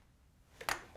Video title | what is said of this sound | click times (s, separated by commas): DIY Motorcycle Spark Plug Replacement Made EASY. | just putting the boot back on and should hear a click | 0.7 s